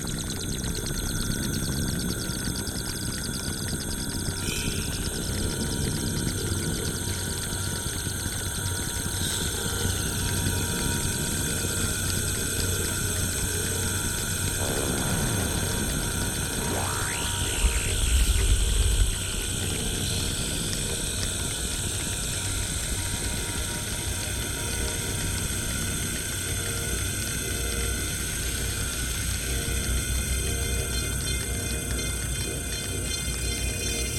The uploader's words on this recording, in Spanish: Experimental octaphonic composition made with soundscapes of different elements of Nature combined with the sound produced by two synthesizers - RSF KOBOL & MODULAR NORD G2 - provided by the Phonos Foundation (UPF). The field recordings of this piece were made in different cities around the world. Paisajes sonoros de diferentes elementos de la Naturaleza combinados con la sonoridad producida de dos sintetizadores.